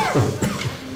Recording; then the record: coughing mixed with background sound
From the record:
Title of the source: Mid-morning Winter Coughing Fit